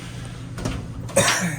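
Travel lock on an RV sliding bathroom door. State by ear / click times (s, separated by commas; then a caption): seated / 0.6 s, 0.7 s. In the bathroom of a 2024 Forest River Salem Hemisphere 286RL fifth wheel, the side travel lock on the sliding door is pushed to lock the door in place for travel, then the door is pulled against to check it, since unlocked doors slam back and forth until they break out. Two quick clicks at 0.6 s and 0.7 s mark the lock latching, followed by a louder knock around 1.2 s. The door is locked in place.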